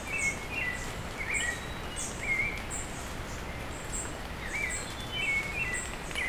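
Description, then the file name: Bird chirps scattered irregularly with higher thin notes, set against a steady wash of falling rain. Bird calling with rain falling on leaves. "Hi-Fi Nature Sounds - Beautiful Bird Call with Rain on Leaves"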